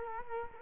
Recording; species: mosquito wingbeat signal from an infrared sensor; Culex quinquefasciatus